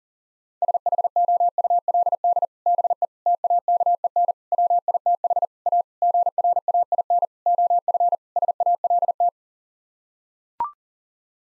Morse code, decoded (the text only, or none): SHOULD BE TAKEN WITH A GRAIN OF SALT